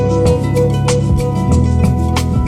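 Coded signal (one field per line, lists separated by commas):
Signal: none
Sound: music track beeps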